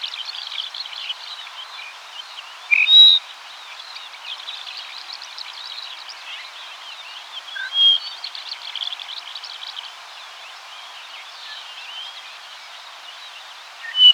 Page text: Duponts Lark Song. Quick Sounds